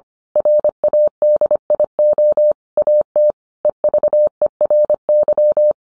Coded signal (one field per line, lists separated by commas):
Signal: Morse code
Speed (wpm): 25 wpm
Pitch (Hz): 600 Hz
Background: none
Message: RADIO AT EVERY